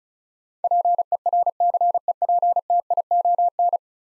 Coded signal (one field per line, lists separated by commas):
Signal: Morse code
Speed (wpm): 36 wpm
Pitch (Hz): 700 Hz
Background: none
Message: PERCEPTION